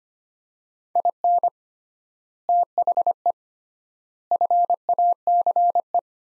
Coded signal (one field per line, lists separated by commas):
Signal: Morse code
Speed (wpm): 25 wpm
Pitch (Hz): 700 Hz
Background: none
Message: IN THE FACE